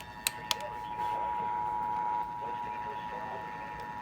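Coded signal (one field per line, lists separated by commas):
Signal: Emergency Alert System (SAME) tones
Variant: 853 and 960 Hz attention tone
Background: speech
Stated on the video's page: A night of multiple alerts.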